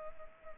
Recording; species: mosquito wingbeat signal from an infrared sensor; Culex pipiens